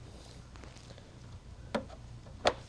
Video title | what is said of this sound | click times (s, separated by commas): Full X50 Build Tutorial - HYTE X50 Modern Performance Case | Line that up. Push it in. And you'll hear a slight click when it connects. | 1.8 s, 2.5 s